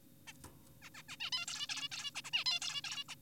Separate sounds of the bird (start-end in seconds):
0.27-0.33, 0.82-0.90, 0.95-1.02, 1.09-1.16, 1.20-1.30, 1.32-1.46, 1.48-1.67, 1.69-1.88, 1.92-2.11, 2.15-2.22, 2.24-2.30, 2.33-2.44, 2.46-2.60, 2.62-2.82, 2.84-3.04, 3.09-3.15